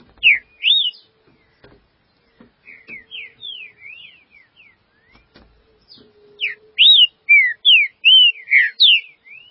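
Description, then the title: Green-winged saltator delivering sweet whistled phrases, soft in the middle then a loud run of quick up-and-down notes near the end. "Trinca Ferro"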